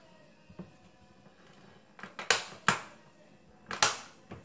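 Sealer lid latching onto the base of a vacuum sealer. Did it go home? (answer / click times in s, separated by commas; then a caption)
yes / 2.3 s, 2.7 s. The lid of a Ziploc vacuum sealer food system is pressed down over a bag until it latches onto the base, and its two side release buttons pop up to secure the bag. Sharp latch clicks are heard at 2.3 s and 2.7 s, followed by another pair of sharp clicks around 3.7–3.8 s. The lid is seated and latched closed.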